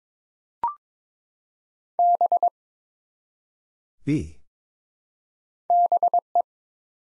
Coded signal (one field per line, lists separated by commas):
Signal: Morse code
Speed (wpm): 23 wpm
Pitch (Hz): 700 Hz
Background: none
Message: B BE